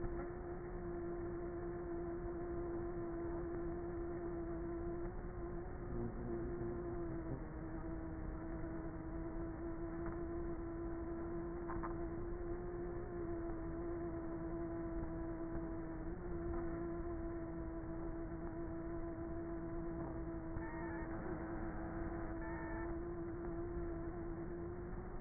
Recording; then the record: honeybee colony, microphone inside the hive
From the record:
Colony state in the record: queenless with a low population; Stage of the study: before two queens were removed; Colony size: about 30,000 bees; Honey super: no